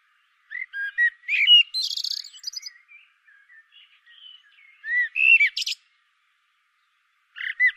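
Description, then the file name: Common blackbird song: low whistled notes lead into a high scratchy flourish, a soft pause, another fluted phrase, and a brief start of a third. "Turdus merula"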